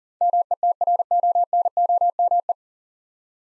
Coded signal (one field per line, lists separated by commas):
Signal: Morse code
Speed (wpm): 41 wpm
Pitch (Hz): 700 Hz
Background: none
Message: METRONOME